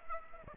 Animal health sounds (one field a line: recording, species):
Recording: mosquito wingbeat signal from an infrared sensor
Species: Aedes aegypti